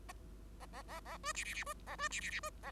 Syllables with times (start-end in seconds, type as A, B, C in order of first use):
0.60-0.66 A, 0.72-0.82 A, 0.88-1.00 A, 1.05-1.17 A, 1.23-1.32 B, 1.34-1.44 C, 1.45-1.54 C, 1.54-1.64 C, 1.66-1.74 B, 1.86-1.96 A, 1.98-2.08 B, 2.11-2.21 C, 2.21-2.30 C, 2.30-2.40 C, 2.43-2.50 B, 2.62-2.71 A